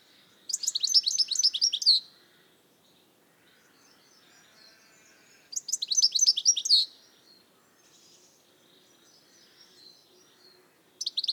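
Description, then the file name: European goldfinch calling in fast bursts of high, liquid twittering, each about one and a half seconds long, separated by roughly four seconds of quiet. "Carduelis carduelis"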